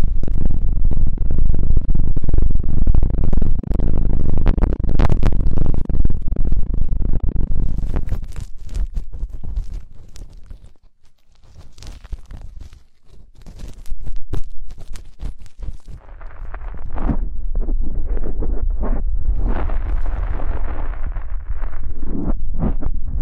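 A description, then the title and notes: Muffled ear cleaning and massage: dense low rubbing and scraping, a quieter crackly stretch near the middle, then steady brushing swishes toward the end. Enhanced version of deep ear cleaning, massage.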